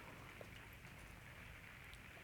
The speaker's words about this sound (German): Jetzt höre ich ihn wieder, den Regen. Na, da gewöhnt man sich dran.